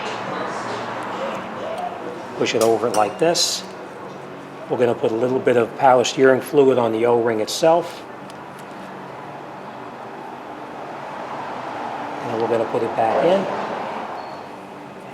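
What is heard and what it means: A power steering inlet pipe with its O-ring is handled before going back into the pump housing on a Honda; the O-ring is coated with power steering fluid and the fitting is lined up to be twisted and pushed home. Someone talks in bursts over a steady background hum, with a few faint handling noises. Nothing has seated or clicked yet.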